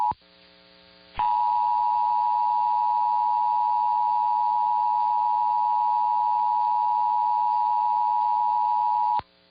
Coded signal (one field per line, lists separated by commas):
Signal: Emergency Alert System (SAME) tones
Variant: 853 and 960 Hz attention tone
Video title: [EAS #1976-1982] The Testing Mayhem Continues (12/14/22 - 12/15/22)